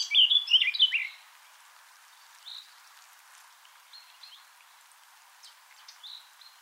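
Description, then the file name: Eurasian blackcap giving a brief, loud, jumbled warble at the start, followed by quiet, spaced, high notes and faint clicks. "Sylvia atricapilla"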